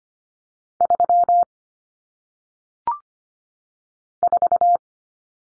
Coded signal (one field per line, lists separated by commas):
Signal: Morse code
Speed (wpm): 25 wpm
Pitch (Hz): 700 Hz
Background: none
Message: 3 4